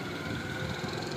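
A metal engine part, likely a clutch-area component, is being lined up and pressed by hand into a motorcycle engine. Only a steady, broadband background hum is heard, with no clicks. Nothing has seated or clicked yet.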